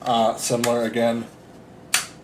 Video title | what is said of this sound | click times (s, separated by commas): Sigma 35mm ART Unboxing and Thoughts on Why I Chose This Lens | that's I mean that's a satisfying click um I know some other brand lenses you just like kind of | 1.9 s